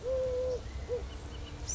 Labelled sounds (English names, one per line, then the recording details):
Eurasian Collared Dove
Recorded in Sonoma County, California